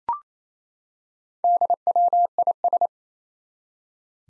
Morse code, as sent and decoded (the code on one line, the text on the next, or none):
-.. .-- .. ...
DWIS